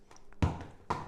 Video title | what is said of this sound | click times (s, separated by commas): How to use a VacoPED walker boot to treat a Ruptured Achilles Tendon | push the two buttons and it's going to eject. | 0.4 s, 0.9 s